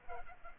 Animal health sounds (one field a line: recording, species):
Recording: mosquito wingbeat signal from an infrared sensor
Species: Culex pipiens